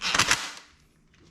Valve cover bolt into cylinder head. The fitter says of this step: Two clicks is my torque spec